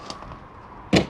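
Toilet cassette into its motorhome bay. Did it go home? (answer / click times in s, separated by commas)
no / none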